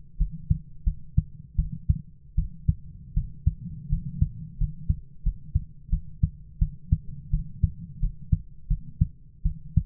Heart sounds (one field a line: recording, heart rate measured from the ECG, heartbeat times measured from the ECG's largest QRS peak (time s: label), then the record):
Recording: heart sounds by stethoscope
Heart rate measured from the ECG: 84 bpm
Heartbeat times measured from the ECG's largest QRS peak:
0.18 s: heartbeat
0.84 s: heartbeat
1.56 s: heartbeat
2.36 s: heartbeat
3.14 s: heartbeat
3.90 s: heartbeat
4.58 s: heartbeat
5.23 s: heartbeat
5.90 s: heartbeat
6.59 s: heartbeat
7.31 s: heartbeat
8.00 s: heartbeat
8.68 s: heartbeat
9.43 s: heartbeat
From the record:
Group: healthy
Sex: female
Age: 22 years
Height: 161 cm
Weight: 65.5 kg